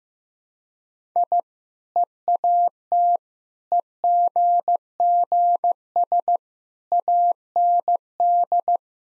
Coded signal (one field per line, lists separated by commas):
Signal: Morse code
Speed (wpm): 15 wpm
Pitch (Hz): 700 Hz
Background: none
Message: I EAT EGGS AND